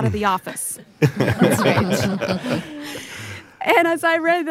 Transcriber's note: laughter